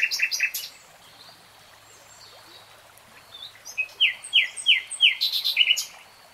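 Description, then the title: Nightingale with a few sharp notes, a pause, then a string of downward-slurred whistles repeated about every third of a second, ending in higher chirps. Nightingale singing, recorded in real time. "[Tiếng chim hót] Nightingale Singing"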